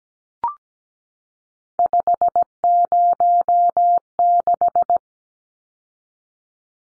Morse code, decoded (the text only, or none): 506